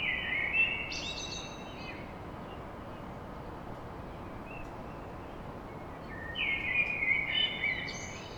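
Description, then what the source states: Common blackbird song: a mellow warbled phrase with a high squeak at the start, silence, then another fluting phrase ending in thin high notes, over soft noise. Blackbird song at dawn in Paris.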